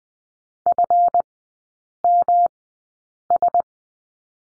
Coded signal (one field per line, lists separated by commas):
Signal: Morse code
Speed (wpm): 20 wpm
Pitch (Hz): 700 Hz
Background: none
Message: FMS